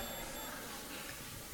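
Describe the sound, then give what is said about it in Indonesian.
Two short, high electronic beeps sound over a steady hiss as a caller with a question connects through a telephone line, followed by quiet line noise with no talking. “Nampaknya sudah ada penanya melalui layanan telepon.”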